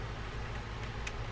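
A small internal part is worked back into place by hand while reassembling a Newell 235 5 fishing reel, with some fiddling because these parts are temperamental. A steady low hum runs throughout, with two faint light ticks near 1.1 and 1.3 seconds from the handling. Nothing has seated or snapped into place yet.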